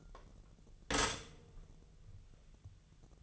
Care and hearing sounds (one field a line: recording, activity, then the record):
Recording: daily activity, microphone in the room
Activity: stop toaster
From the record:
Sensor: 4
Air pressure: 1001.1 hPa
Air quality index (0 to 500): 167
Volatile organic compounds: 2 ppm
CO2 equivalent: 1211 ppm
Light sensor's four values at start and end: 15/34/14/14 and 18/40/17/17